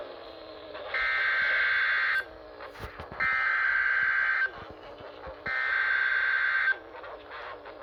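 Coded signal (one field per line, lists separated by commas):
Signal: Emergency Alert System (SAME) tones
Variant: header bursts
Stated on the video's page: Real EAS alerts for tornado, severe thunderstorm and flash flood warnings during a Mid-Atlantic tornado outbreak.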